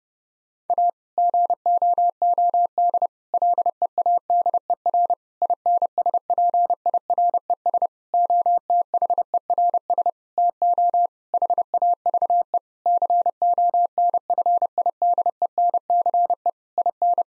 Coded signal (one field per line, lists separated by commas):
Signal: Morse code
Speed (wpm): 30 wpm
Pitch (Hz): 700 Hz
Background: none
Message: A GOOD LEADER INSPIRES OTHERS TO HAVE CONFIDENCE IN